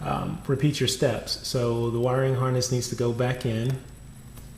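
While a replacement driver's side mirror is being reinstalled on a Scion tC, the mirror's wiring harness connector is handled before being pushed back into its mating socket in the door. Someone talks through most of the clip, then it falls to quiet low background noise for the last second. Nothing has seated or clicked yet.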